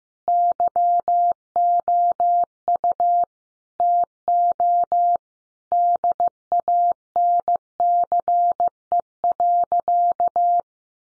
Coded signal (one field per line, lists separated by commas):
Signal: Morse code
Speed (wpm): 15 wpm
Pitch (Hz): 700 Hz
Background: none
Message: YOU TO DANCE.